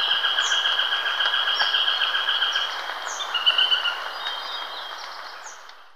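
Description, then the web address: Nariño tapaculo song: a rapid, even run of nasal notes, about four per second, fading away toward the end; occasional high chirps from other birds. Recorded in Ecuador. "Birds of Ecuador Narino Tapaculo"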